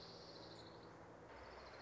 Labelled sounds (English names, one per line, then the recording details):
Orange-crowned Warbler
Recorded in Sonoma County, California